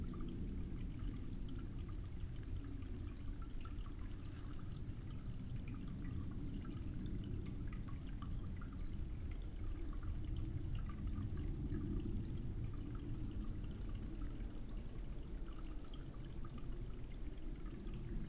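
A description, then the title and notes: A trickling stream runs steadily and without pause, its water thick with a low, rushing burble. Fine bright splashes and droplets patter constantly over the top, evenly spread through the whole span with no distinct events or other sounds. A blend of intimate and wide spatial quiet, captured as it happened from beside an old oak tree, in a remote spot in the Forest of Dean. The time is 3:30am and the microphones are recording alone. The intimate textures of a trickling stream, that's completely hidden from view under thickly tangled vines.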